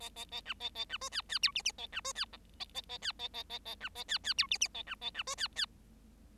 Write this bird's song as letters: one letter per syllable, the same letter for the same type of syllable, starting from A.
A A A B A A B C D D E F F A B C D G A A A D A A A A B A D D E F F A B A B C D D